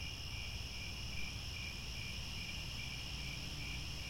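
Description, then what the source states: Crickets trilling in chorus, steady high-pitched chirping with gentle pulses and a low constant hum below. Chorus of crickets chirping at twilight as the sun sets and stars appear.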